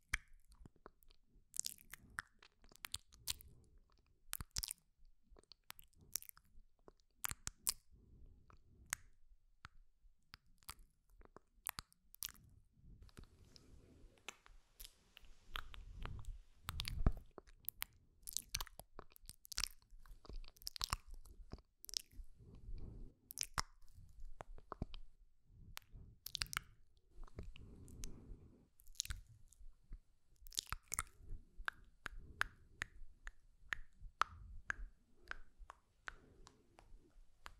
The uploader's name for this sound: Sk Sk Tk Tk TicoTico